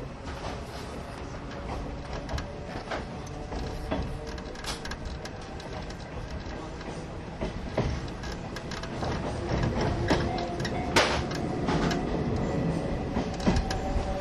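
An old-style passenger coach train running on the Oigawa line, hauled by an E10 locomotive. A steady low rumble with dense clattering and rattling fills the whole clip, punctuated by frequent sharp clicks and knocks. It grows slightly louder after about nine seconds.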